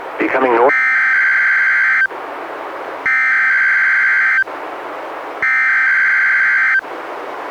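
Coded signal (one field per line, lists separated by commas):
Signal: Emergency Alert System (SAME) tones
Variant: header bursts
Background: speech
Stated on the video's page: NWR Required Weekly Test relayed by a weather radio station, recorded directly from a Reecom R-1630 weather radio via a Zoom H1.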